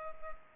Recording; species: mosquito wingbeat signal from an infrared sensor; Culex pipiens